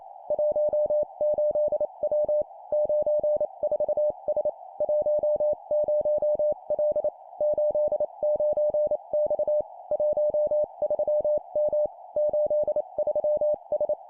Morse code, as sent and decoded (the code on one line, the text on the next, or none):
.---- ---.. .-- / ----. ....- ... / .---- ----- .-.. / ---.. ----. -..- / .---- ...-- -- / ---.. ...-- ...
18W 94S 10L 89X 13M 83S